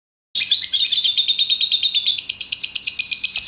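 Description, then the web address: Bird chirping in a fast, steady series of high, bright notes, with the pitch stepping up slightly partway through. "Chika Pengusir-Hama-Burung-Otomatis. bird Recording 27"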